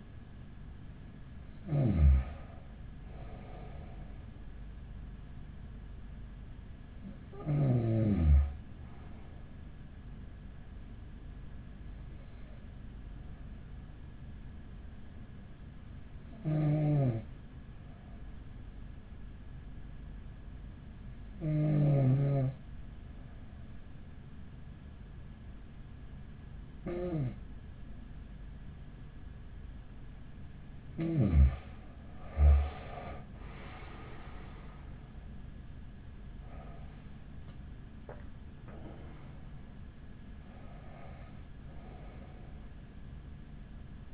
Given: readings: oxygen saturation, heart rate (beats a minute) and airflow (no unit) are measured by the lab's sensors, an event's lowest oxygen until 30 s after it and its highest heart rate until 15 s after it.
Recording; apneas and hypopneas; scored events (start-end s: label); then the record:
breathing in sleep by a smartphone at the bedside; 1
13.00-36.60 s: hypopnea (N2, oxygen 95% highest, then 93% lowest)
30.00-44.14 s: new sleep stage, N1 (lightest sleep)
From the record:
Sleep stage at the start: N2 (light sleep); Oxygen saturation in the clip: 93 to 95%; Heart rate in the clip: 42 to 55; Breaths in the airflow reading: 9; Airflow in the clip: -11.5 to 11.2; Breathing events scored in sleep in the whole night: 207 in 7.6 hours asleep